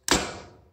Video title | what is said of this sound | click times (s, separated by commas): Sig Juliet 3x Magnifier Review - The Best 3x Maginfier You Can Purchase | there's no nothing to pull back on to release it's just a flip over to the side and you'll hear it click into place this | 0.1 s